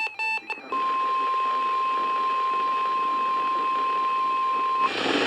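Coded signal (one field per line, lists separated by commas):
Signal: Emergency Alert System (SAME) tones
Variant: 1050 Hz attention tone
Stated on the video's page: Real NOAA Weather Radio alerts from Sterling, VA for central Maryland storms: required weekly test, severe thunderstorm and special marine warnings.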